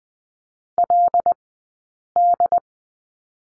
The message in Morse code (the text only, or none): LD